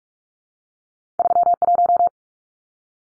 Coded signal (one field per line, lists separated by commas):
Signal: Morse code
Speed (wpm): 44 wpm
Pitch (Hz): 700 Hz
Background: none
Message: 31